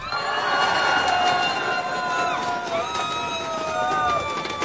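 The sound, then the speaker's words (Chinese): A loud crowd screams and cheers without pause, high-pitched shrieks sliding up and down above a dense, steady roar of many voices, as a host introduces Chen Po-wei at an outdoor event in Kaohsiung. “哦，耍来这个吼、哦，只要一介绍他，每次都有尖叫声。”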